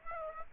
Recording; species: mosquito wingbeat signal from an infrared sensor; Aedes aegypti